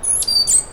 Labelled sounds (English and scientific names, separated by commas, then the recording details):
Stitchbird (Notiomystis cincta) song
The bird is a male
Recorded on Tiritiri Matangi Island, New Zealand, in 2005
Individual 1, of nest box 1